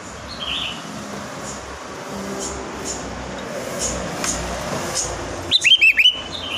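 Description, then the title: Sooty-headed bulbul giving a single short bubbly phrase near the end, preceded by steady background noise and faint chirps. "Kutilang"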